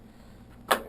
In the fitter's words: if you heard that click, I haven't got it locked on in there yet, be sure to hear a click.